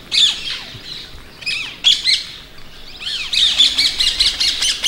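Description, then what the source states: Rose-ringed Parakeets giving harsh, high, sliding shrieks, coming faster toward the end. Wild ringneck parakeets in London; they live in colonies; the call is described as an unmistakable keening cry or shriek.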